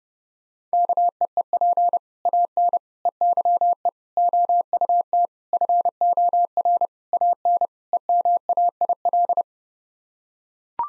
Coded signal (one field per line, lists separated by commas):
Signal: Morse code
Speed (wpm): 30 wpm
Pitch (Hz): 700 Hz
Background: none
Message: KEEP AN EYE OUT FOR AN EMAIL